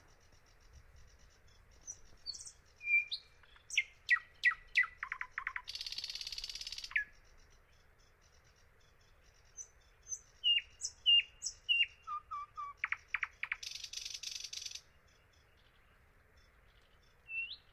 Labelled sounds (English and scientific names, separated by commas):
Thrush Nightingale (Luscinia luscinia) song